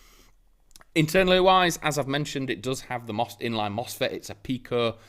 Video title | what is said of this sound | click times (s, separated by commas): Arcturus - PP-19 | so press it onto that and again you will have to lift it slightly whip it round and it does immediately lock into place | 0.8 s